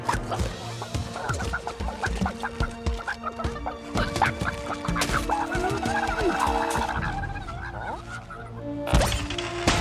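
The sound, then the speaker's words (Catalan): Many chickens cluck and squawk in a busy, overlapping chorus, short sharp calls repeating irregularly at a steady moderate loudness, with a louder burst near the end. “Pare, uns pollastres antropòfags em tenen rodejat.”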